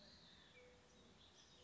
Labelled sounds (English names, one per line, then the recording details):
Mourning Dove
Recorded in Sonoma County, California